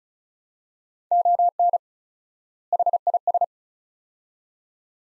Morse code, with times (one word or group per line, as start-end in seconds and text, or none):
1.1-1.8 ON
2.7-3.4 HIS